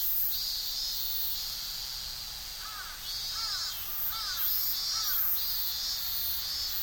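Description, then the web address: Cicadas in a dense, continuous high buzzing chorus with pulsing surges; a few short chirps appear midway. Summer insect ambience in Tokyo, stereo. "Sound Effects-Foundation 1 AMBIENCE TOKYO SUMMER INSECTS CICADAS"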